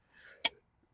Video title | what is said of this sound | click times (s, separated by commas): Mora knife and BudgetTripod and billy can | and that folds it out and then it locks into place now they say you can | 0.4 s